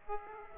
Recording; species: mosquito wingbeat signal from an infrared sensor; Aedes aegypti